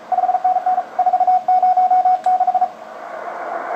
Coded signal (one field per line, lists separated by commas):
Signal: Morse code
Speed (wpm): 37 wpm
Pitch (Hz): 740 Hz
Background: radio noise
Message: 5NN 406